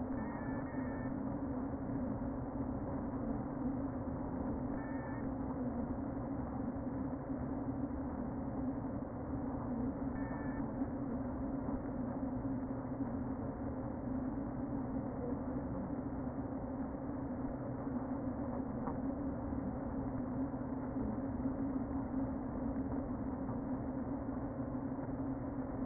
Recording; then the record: honeybee colony, microphone inside the hive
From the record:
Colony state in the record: queen present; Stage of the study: before two queens were removed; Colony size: about 60,000 bees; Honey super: yes